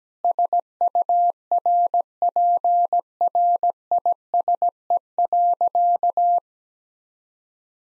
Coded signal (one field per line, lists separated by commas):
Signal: Morse code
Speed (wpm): 17 wpm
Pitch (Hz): 700 Hz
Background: none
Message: SURPRISE.